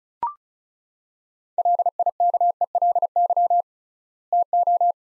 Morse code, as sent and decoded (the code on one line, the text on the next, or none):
.-.. .. -.- . .-.. -.-- / - ---
LIKELY TO